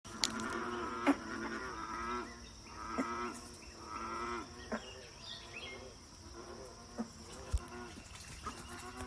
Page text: Maryland Biodiversity. American Bullfrog ( Lithobates catesbeianus )